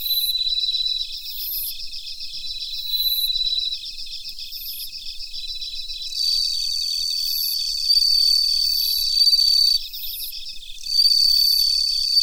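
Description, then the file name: Bell cricket, bell-like rings recurring every second or so, mixed with bursts of rapid pulsed trills and a sustained high whining tone. "Suzumushi Mitsukado"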